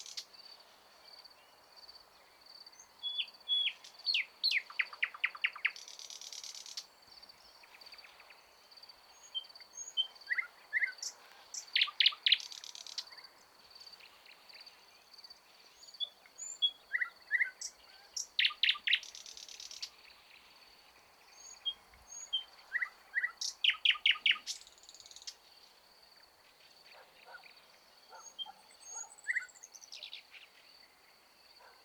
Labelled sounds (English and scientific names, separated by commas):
Thrush Nightingale (Luscinia luscinia) song